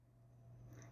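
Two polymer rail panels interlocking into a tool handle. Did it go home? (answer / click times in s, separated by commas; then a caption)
yes / 0.8 s. Two American Grip polymer rail-panel pieces are laid over each other and pressed together until they interlock into a tool handle. Over a steady low hum, a short, sharp click sounds at 0.8 s as the panels seat.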